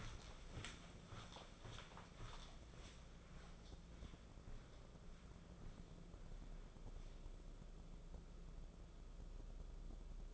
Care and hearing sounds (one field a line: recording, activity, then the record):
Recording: daily activity, microphone in the room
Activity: walk to room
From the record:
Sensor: 5